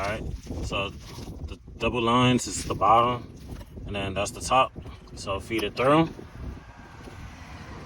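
Someone talks while feeding a Nissan air fuel ratio sensor's wiring lead and connector through and lining it up before it is pushed into the engine harness plug. The handling stays quiet, with steady background noise after the talking stops. Nothing has seated or clicked yet.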